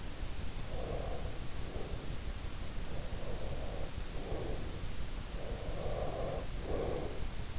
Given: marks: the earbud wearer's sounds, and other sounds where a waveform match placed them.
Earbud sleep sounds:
sounds in sleep by an in-ear microphone; breath
0.62-2.05 s: breath
2.62-4.97 s: breath
5.48-7.59 s: breath

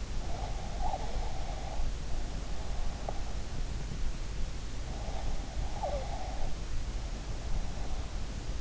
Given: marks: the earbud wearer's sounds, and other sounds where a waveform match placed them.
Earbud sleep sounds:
sounds in sleep by an in-ear microphone; breath
0.00-1.94 s: breath
4.97-6.40 s: breath

